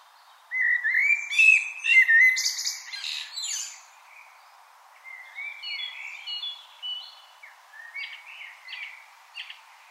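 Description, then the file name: Common blackbird song: a loud, rich whistled phrase closing in scratchy high notes, followed by softer, quieter warbles. "Turdus merula"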